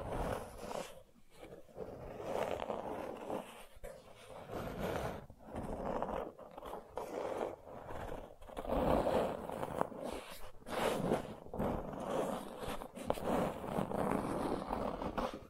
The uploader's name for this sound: Gentle Scratching